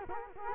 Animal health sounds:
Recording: mosquito wingbeat signal from an infrared sensor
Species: Culex quinquefasciatus

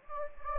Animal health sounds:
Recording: mosquito wingbeat signal from an infrared sensor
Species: Anopheles gambiae

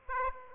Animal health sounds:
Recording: mosquito wingbeat signal from an infrared sensor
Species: Aedes aegypti

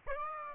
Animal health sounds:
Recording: mosquito wingbeat signal from an infrared sensor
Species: Aedes aegypti

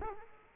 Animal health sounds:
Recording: mosquito wingbeat signal from an infrared sensor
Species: Culex quinquefasciatus

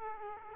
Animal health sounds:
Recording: mosquito wingbeat signal from an infrared sensor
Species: Aedes aegypti

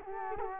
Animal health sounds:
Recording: mosquito wingbeat signal from an infrared sensor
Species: Culex quinquefasciatus

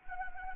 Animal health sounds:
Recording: mosquito wingbeat signal from an infrared sensor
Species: Anopheles arabiensis

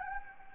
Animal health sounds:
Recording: mosquito wingbeat signal from an infrared sensor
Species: Anopheles gambiae

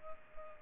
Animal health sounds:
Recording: mosquito wingbeat signal from an infrared sensor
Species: Culex pipiens

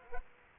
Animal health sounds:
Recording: mosquito wingbeat signal from an infrared sensor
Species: Culex quinquefasciatus

